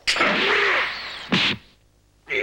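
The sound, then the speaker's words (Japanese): A long, loud swishing rush gives way to a sharp punch impact in a Dragon Ball broadcast, then a brief quiet before another hit starts at the very end, with no voices. “ひょっとしてこれがパンチだったのか。”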